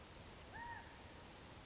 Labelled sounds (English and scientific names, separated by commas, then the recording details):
California Quail (Callipepla californica)
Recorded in Sonoma County, California